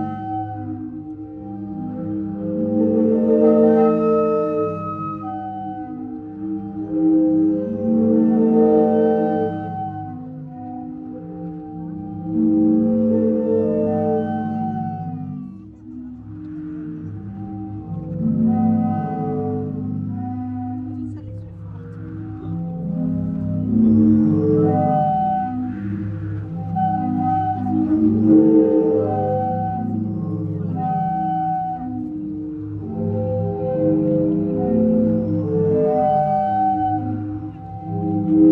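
The sea organ in Zadar plays a continuous chord of low, sustained, droning tones that swell and fade in overlapping waves every few seconds. Brighter notes rise above the steady hum at intervals, and faint voices pass in the background.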